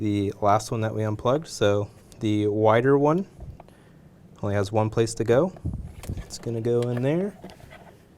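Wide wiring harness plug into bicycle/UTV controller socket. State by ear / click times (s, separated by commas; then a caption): not seated / none. Someone talks while handling the wider multi-pin plastic wiring harness plug, lining it up with its socket on a replacement Torex controller. Two faint, brief handling ticks come at about 3.6 and 3.7 seconds. Nothing has seated or clicked yet.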